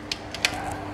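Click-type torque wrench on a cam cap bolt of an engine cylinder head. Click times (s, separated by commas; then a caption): 0.4 s. A click-type torque wrench tightens the center cam cap bolt on the cylinder head of a Honda K Series engine to 16 ft-lb. A few sharp ratcheting clicks are heard, ending in a louder, sharp click at about 0.5 seconds as the wrench reaches its setting.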